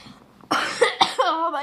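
A child gives a quick run of about three harsh, explosive cough bursts, ending in a short voiced, throaty tail. The coughs sound wet and phlegmy, a productive cough, from a child who has been coughing a lot.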